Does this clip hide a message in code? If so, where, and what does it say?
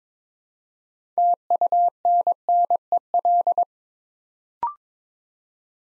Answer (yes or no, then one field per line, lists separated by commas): yes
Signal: Morse code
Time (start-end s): 1.2-3.6 s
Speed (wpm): 22 wpm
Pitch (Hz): 700 Hz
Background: none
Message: TUNNEL